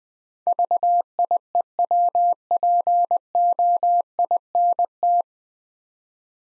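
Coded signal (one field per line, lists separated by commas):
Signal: Morse code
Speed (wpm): 21 wpm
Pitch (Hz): 700 Hz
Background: none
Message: VIEWPOINT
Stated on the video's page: Morse practice drill at 20wpm of nine-letter words for head-copy, each word sent twice.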